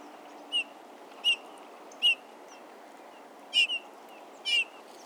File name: Pyrrhula pyrrhula